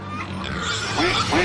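Farm animals making noise together, with short grunting oinks like a pig amid a dense, continuous background rumble and some brief upward squealing calls.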